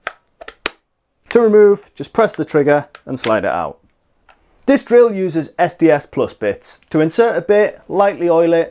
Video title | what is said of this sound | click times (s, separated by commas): Why Pros Are Turning to Lumberjack - SDS Brushless Drill | Slide it in until you hear a click. | 0.7 s